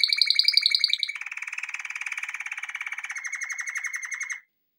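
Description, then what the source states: Canary song: a fast rolling trill of rapid pulses, starting higher then dropping into a long steady buzzy roll that continues for several seconds before stopping abruptly. Canary song intended for training.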